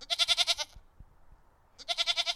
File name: Goat